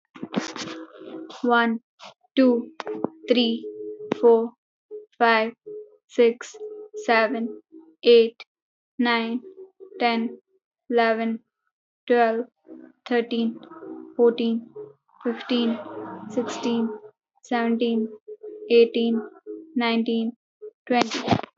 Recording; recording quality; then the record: counting at a normal pace; moderate, slight background noise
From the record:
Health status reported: healthy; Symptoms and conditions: none ticked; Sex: female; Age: 21 years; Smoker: not ticked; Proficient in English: yes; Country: India